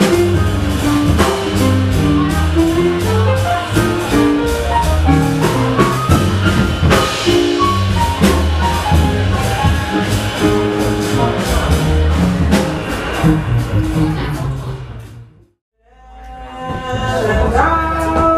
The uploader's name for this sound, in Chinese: 爵士酒吧